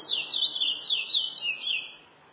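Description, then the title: Chestnut-bellied seed finch singing a flowing series of high, wavering whistled notes that rise and fall repeatedly over two seconds. "Canto De Curio"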